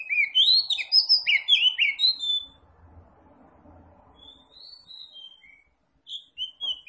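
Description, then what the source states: Oriental magpie-robin giving a burst of loud, sharp whistled notes, then quiet faint phrases over a low rumble, and a few more whistles at the end. Tretes kacer, singing vigorously (gacor).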